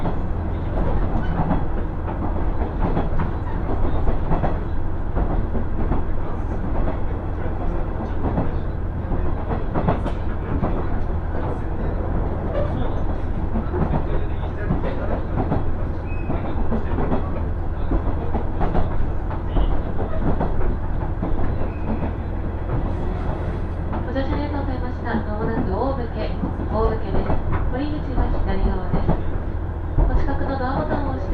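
A two-car KiHa 110 diesel train runs from Morioka toward Obuke, its deep engine drone steady and unbroken throughout. Faint clatter and rattles scatter across the run, and from about 24 seconds a higher, wavering whine rises over the rumble.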